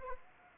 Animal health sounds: mosquito wingbeat signal from an infrared sensor; Anopheles arabiensis

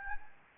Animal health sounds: mosquito wingbeat signal from an infrared sensor; Anopheles gambiae

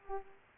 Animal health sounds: mosquito wingbeat signal from an infrared sensor; Culex pipiens

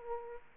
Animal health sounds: mosquito wingbeat signal from an infrared sensor; Aedes aegypti

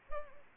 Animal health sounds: mosquito wingbeat signal from an infrared sensor; Anopheles arabiensis

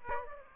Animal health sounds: mosquito wingbeat signal from an infrared sensor; Aedes aegypti

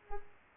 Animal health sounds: mosquito wingbeat signal from an infrared sensor; Culex pipiens

